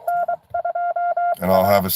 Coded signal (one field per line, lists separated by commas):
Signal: Morse code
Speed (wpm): 23 wpm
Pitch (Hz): 700 Hz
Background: speech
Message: N2A